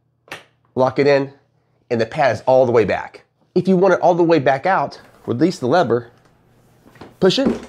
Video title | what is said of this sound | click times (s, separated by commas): ANDA SEAT KAISER 4 - REVIEW & TEST | keluar tuas dan kembali ke belakang, kunci ke dalam | 0.3 s